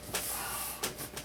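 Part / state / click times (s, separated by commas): seat cover plastic retainer into seat frame / not seated / none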